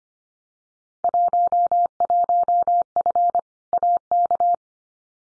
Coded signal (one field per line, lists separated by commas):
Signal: Morse code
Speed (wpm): 25 wpm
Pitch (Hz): 700 Hz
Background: none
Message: 11F AK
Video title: Field Day Exchange Encore 25wpm